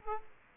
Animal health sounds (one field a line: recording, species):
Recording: mosquito wingbeat signal from an infrared sensor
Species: Aedes aegypti